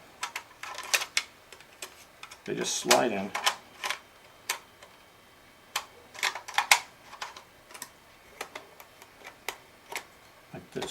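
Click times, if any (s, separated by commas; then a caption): none. A plastic piece of a Sabrent 3.5-inch hard drive enclosure for SATA or IDE hard drives is slid along its guides into the enclosure housing while someone talks. Short, sharp plastic ticks and taps are heard throughout, with a longer rustling, sliding burst around 2.5–3.5 seconds. Nothing has seated or snapped into place yet.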